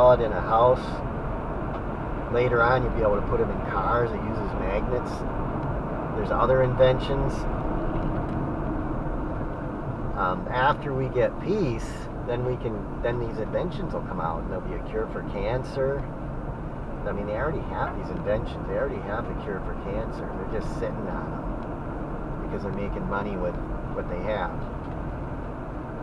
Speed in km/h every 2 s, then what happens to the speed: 81, 82, 82, 71, 63, 52, 52, 58, 61, 64, 66, 66, 63.
0-5 steady at about 82. 5-10 brakes to 52. 13-19 speeds up to 66. 19-26 steady at about 66.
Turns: none.